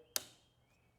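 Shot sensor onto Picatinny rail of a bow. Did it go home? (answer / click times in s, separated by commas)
yes / 0.2 s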